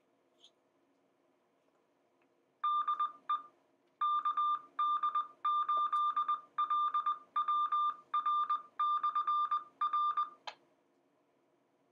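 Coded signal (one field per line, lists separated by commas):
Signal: Morse code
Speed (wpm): 20 wpm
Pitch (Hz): 1200 Hz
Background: none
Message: DE KD8LWR/R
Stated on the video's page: Received over a simplex repeater system.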